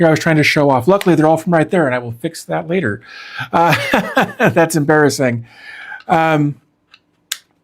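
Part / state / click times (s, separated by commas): drive module into mini PC chassis / seated / 7.3 s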